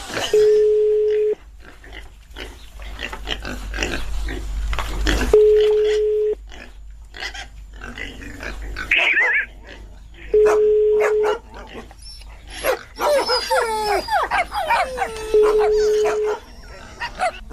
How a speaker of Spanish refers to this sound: ¿Hoy están los perros y los puercos? ¿Vale? Se oyen muchos puercos y muchos perros.